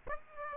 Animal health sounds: mosquito wingbeat signal from an infrared sensor; Aedes aegypti

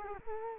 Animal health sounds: mosquito wingbeat signal from an infrared sensor; Culex quinquefasciatus

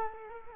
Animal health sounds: mosquito wingbeat signal from an infrared sensor; Culex quinquefasciatus

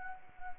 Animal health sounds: mosquito wingbeat signal from an infrared sensor; Anopheles arabiensis

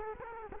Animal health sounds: mosquito wingbeat signal from an infrared sensor; Culex quinquefasciatus

